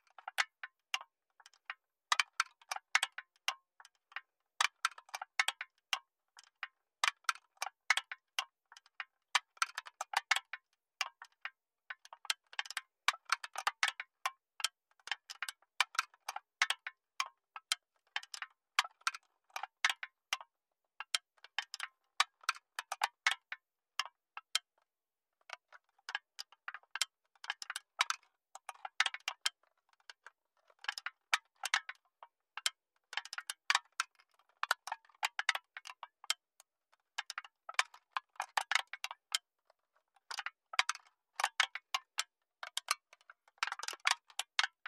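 Empty aluminum cans are handled and knocked together, giving bright, tinny clinks and rattles. The hits come in dense, irregular clusters throughout, with brief quiet gaps between bursts. They sit in the mid and high range, with no low rumble underneath.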